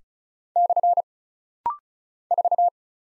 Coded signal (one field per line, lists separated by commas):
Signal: Morse code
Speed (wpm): 36 wpm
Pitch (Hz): 700 Hz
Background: none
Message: / 4